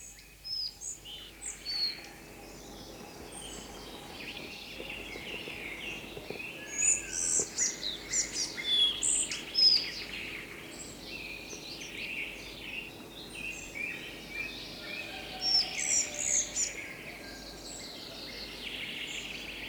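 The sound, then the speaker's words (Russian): Many small birds chirp and twitter continuously, with high, quick overlapping calls rising and falling over a soft steady background hum, no voices present. “Так бывало и вьются возле тебя, мошек отгоняют и щебечут что-то на смешнице.”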